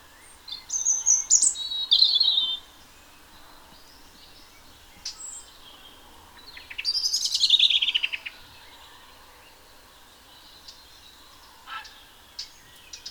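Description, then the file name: European robin song: two separate high, sweet phrases of quick warbled notes sliding downward, separated by a pause of about four seconds, with faint high ticks between them. "Erithacus rubecula"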